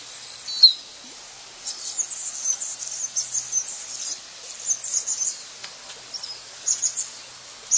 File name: canto do beija flor de anna